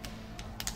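An internal part is pressed into a video game console housing during reassembly, with another spot of the part pushed into place over a steady low hum and a couple of faint taps near 0.1 and 0.4 seconds. Two sharp clicks at 0.6 and 0.7 seconds mark the part seating home, fitted in place.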